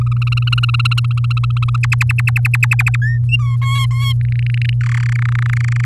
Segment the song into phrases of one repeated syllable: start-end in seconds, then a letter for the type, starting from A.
0.01-1.76 A, 1.83-2.96 B, 3.01-3.18 C, 3.29-3.56 D, 3.61-4.13 E, 4.21-4.73 F, 4.81-5.10 G, 5.12-5.13 H, 5.15-5.85 I